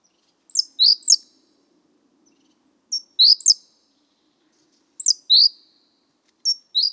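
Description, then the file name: Great tit calling with crisp, high note groups roughly every two seconds; a faint low hum runs underneath. "Parus major"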